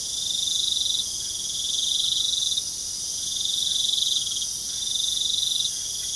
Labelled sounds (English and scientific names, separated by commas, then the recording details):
none
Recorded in pastures near Puerto Asís, Putumayo, Colombia, on 24 June 2025 at 21:00
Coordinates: 0.497, -76.327
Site G040